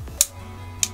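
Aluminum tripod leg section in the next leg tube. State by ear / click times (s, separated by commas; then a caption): seated / 0.2 s, 0.8 s. A leg section of an aluminum Selens T-170 mini tripod is pulled down to open it, sliding within the next leg tube. Two sharp, bright clicks ring out at 0.2 s and 0.8 s over a low background hum, after a soft low thump near the start. The leg detent clicks into place and the section seats.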